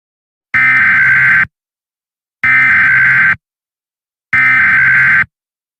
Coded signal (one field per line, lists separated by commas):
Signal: Emergency Alert System (SAME) tones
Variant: header bursts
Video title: EAS Scenario | The Dream World Crisis | Emergency Alert System | NiGHTS Journey of Dreams